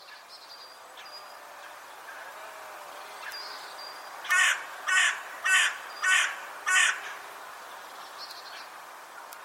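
Bird giving five loud, harsh caws in a steady series, a little under two per second, over faint background hiss.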